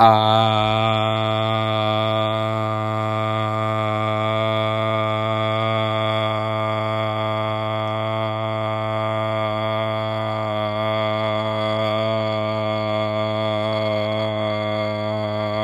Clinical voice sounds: sustained vowel /a/; male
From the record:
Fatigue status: no fatigue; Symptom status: symptomatic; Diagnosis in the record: COVID-19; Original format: m4a

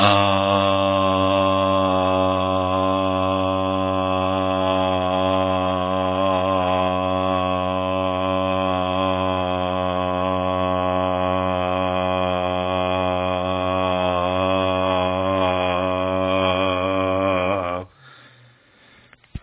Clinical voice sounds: sustained vowel /a/; male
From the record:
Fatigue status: no fatigue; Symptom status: symptomatic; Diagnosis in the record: COVID-19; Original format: 3gp

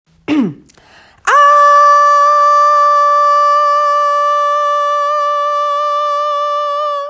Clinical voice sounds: sustained vowel /a/; female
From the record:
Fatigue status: fatigue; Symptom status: symptomatic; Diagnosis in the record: COVID-19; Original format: m4a

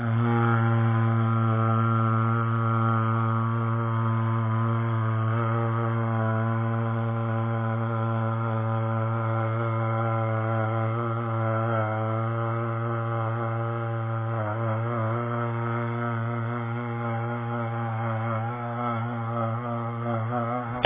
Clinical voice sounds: sustained vowel /a/; male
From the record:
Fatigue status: no fatigue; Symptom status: asymptomatic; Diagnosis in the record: COVID-19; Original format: 3gp

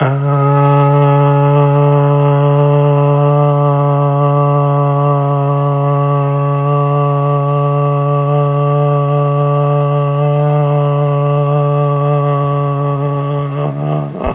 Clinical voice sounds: sustained vowel /a/; male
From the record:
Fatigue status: fatigue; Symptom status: symptomatic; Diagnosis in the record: COVID-19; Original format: m4a

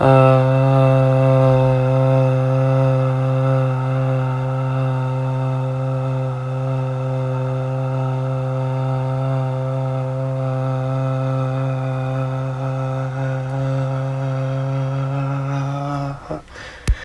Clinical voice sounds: sustained vowel /a/; male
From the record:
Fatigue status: no fatigue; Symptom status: asymptomatic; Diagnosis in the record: COVID-19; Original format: m4a

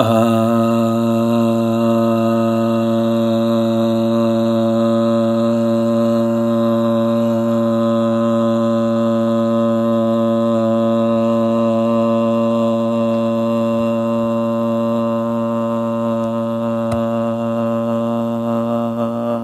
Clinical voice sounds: sustained vowel /a/; male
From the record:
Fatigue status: no fatigue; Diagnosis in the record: COVID-19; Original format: m4a

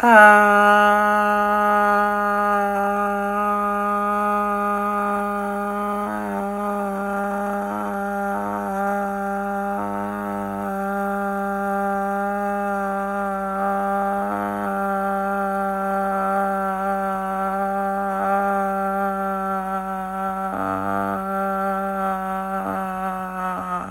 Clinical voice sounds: sustained vowel /a/; female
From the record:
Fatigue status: no fatigue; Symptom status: asymptomatic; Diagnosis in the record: COVID-19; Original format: m4a

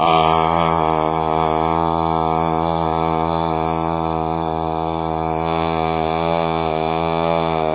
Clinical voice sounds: sustained vowel /a/; male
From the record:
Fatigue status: no fatigue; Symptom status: symptomatic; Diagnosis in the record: COVID-19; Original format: 3gp

